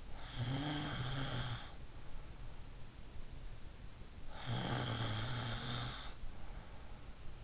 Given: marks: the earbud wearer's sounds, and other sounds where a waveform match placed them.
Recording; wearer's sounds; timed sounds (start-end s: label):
sounds in sleep by an in-ear microphone; snoring breath
0.00-2.31 s: snoring breath
4.29-6.78 s: snoring breath